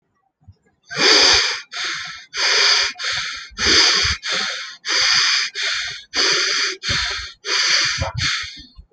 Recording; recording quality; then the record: shallow breathing; excellent, no background noise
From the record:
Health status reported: respiratory illness, not identified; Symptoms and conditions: asthma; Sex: male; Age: 26 years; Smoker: not ticked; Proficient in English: yes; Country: India